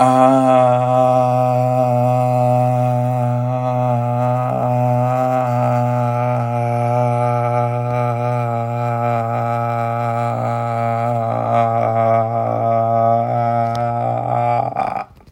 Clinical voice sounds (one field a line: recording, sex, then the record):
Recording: sustained vowel /a/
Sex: male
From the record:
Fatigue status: no fatigue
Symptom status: asymptomatic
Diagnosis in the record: COVID-19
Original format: m4a